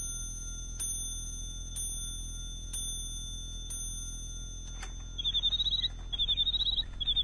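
A bird-song clock, bestowed by the Empress Dowager and to be given to Zhan Tianyu, rings four bright, evenly spaced chimes about a second apart, then breaks into quick, high-pitched mechanical chirping trills in short bursts, over a low steady hum.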